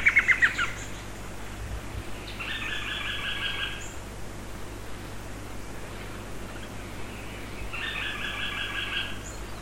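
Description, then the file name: Bird calls in short phrases of stacked, rapidly repeated buzzy notes, heard twice after a brief trill at the start, against a steady low background hum. "SABIOD 50 bird 2015"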